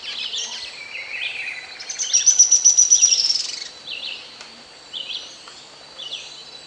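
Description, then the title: Grey-headed spinetail call, a high rapid chattering trill among scattered high chirps from other small birds. "LuckyPassaro Completos2Sama. Grey-headed Spinetail (Cranioleuca semicinerea)"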